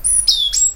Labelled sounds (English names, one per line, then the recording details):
Stitchbird song
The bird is a male
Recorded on Tiritiri Matangi Island, New Zealand, in 2005
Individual 12, of nest box 16